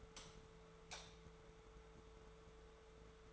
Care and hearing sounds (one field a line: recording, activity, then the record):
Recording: daily activity, microphone in the room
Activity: light off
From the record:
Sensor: 3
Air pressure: 1014.7 hPa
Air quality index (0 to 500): 191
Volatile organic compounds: 23 ppm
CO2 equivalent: 2795 ppm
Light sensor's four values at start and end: 44/112/48/51 and 41/103/44/48